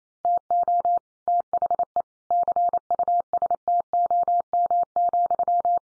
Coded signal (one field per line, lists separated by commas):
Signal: Morse code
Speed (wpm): 28 wpm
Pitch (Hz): 700 Hz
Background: none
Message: TO THE CUSTOM,